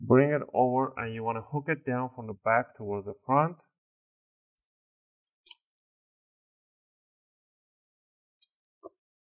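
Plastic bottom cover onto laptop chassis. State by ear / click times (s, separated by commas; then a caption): seated / 5.5 s, 8.4 s. A plastic bottom cover is hooked in at the back of a Dell G3 15 (P89F001) laptop chassis and pushed down at the front. Someone talks for the first few seconds, then it goes quiet except for a faint tick at 4.6 s. Sharp snap-clip clicks at 5.5 s and 8.4 s show the cover seated, with a small tap after the second one.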